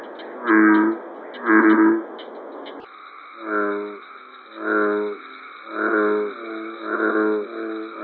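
American bullfrog calling in deep, resonant, moo-like notes, a pair of harsh croaks first, then a series of rumbling calls repeated roughly once a second.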